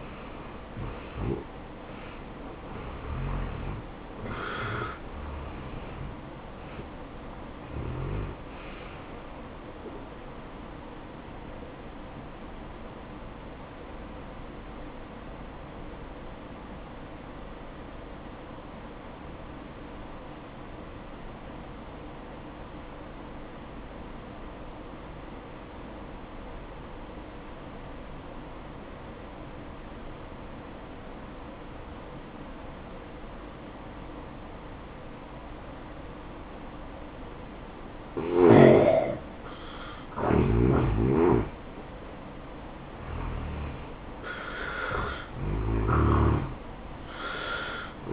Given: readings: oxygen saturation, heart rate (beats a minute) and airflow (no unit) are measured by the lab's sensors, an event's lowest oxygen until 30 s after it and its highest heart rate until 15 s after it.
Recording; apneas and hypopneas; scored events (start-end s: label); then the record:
breathing in sleep by a voice recorder at the bedside; 1
15.00-41.90 s: obstructive apnea (N1, oxygen 93% highest, then 83% lowest, heart rate 64 at the start, 72 highest)
20.00-48.13 s: new sleep stage, N2 (light sleep)
From the record:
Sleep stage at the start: N1 (lightest sleep); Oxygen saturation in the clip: 82 to 93%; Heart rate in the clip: 59 to 78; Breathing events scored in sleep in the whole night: 573 in 9.8 hours asleep